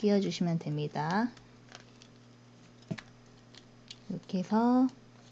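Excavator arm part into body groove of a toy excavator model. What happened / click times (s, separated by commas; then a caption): The toy part is being handled but has not clicked home yet / none. Someone talks while fitting the protruding tab of a paper/plastic toy excavator arm part into the matching groove on the excavator body, with faint, sharp handling ticks between about 1.7 and 3.9 seconds. More talk follows near the end, and nothing has seated or clicked into place yet.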